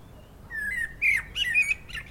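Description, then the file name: Common blackbird giving a short phrase of mellow, slurred fluted whistles that rise and fall, ending with a brief thin squeak. "Turdus merula"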